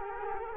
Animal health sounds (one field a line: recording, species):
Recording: mosquito wingbeat signal from an infrared sensor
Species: Culex quinquefasciatus